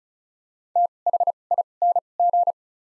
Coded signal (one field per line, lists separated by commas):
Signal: Morse code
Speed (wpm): 36 wpm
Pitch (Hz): 700 Hz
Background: none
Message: T H I N G